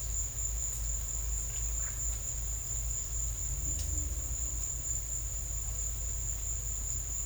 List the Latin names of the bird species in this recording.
none